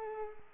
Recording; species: mosquito wingbeat signal from an infrared sensor; Culex pipiens